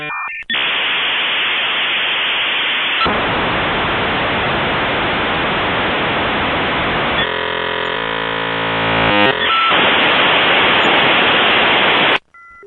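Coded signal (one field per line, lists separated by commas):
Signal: dial-up modem handshake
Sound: brief tones, then loud harsh hiss, a buzzy multi-tone stretch, more hiss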